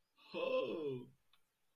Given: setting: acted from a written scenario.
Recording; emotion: vocal sound without words; positive surprise